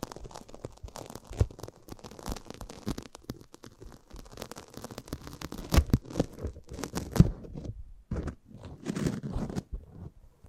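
A microphone is handled close up, giving an irregular run of rustling, scraping and crackling with soft low rumbles. Sharper thumps land near six and seven seconds, a brief quiet gap falls around eight seconds, then a denser scratchy burst follows.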